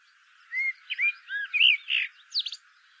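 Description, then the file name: Common blackbird song phrase: a clear whistled note, then several mellow slurred warbles ending in a thin squeaky twitter. "Turdus merula"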